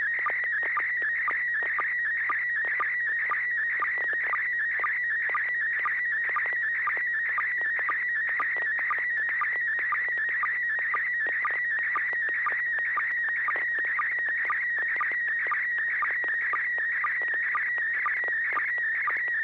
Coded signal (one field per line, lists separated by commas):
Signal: SSTV (slow-scan television)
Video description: River City ARCS SSTV Net 9 pm Wednesdays Pacific Time on N6NA FM repeater 441.30 MHz, Sacramento, CA